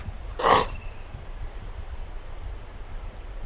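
Eastern grey kangaroo giving one short, harsh, breathy snort near the start, then only a low wind rumble for the rest.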